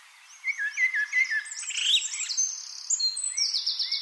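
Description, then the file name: Common blackbird song: a mellow fluted phrase running into high thin trills and squeaks, with several notes overlapping. "Turdus merula"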